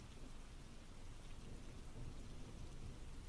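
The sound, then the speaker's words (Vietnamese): Heavy wind-driven rain pours down outside a workshop in a steady, dense hiss with a low rumbling undertone, holding an even loudness throughout with no voices. “Trong tiếng mưa gió vẫn cứ vang lên ở bên ngoài, mưa như chút nước, tiếng bước chân bỉ bõm nó rõ lắm.”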